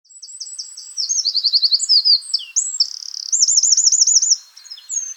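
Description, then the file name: Eurasian wren singing a loud, very high, rapid song of ringing trills and sharp rattling notes that tumble quickly from one phrase to the next. "Troglodytes troglodytes"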